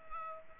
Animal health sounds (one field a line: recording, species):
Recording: mosquito wingbeat signal from an infrared sensor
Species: Culex pipiens